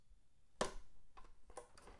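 A plastic part is pressed onto the old tabs of a vintage Hayes Smartmodem case during reassembly, carefully so the tabs don't break. A sharp, loud click at 0.6 s shows the part seating in place, followed by a few fainter ticks around 1.2, 1.6 and 1.8 s. The part is confirmed seated on the case tabs.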